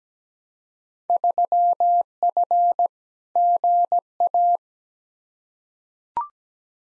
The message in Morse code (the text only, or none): 3F GA